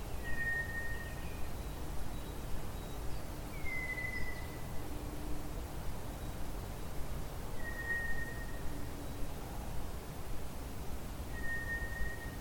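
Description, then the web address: White's thrush song: four long, monotone whistled notes spaced about four seconds apart, one slightly higher and gently falling, over persistent low-frequency noise. "drozd"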